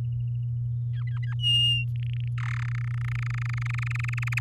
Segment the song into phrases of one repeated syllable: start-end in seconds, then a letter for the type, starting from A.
0.93-1.34 A, 1.39-1.84 B, 1.96-2.28 C, 2.38-2.66 D, 2.68-4.39 E